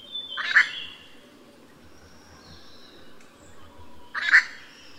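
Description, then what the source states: Grey treepie giving two loud, harsh, ringing calls about four seconds apart, over steady background hiss. Recorded at Yushan.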